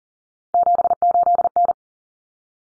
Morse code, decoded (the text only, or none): 78N